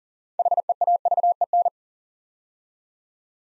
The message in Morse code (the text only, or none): HEAVEN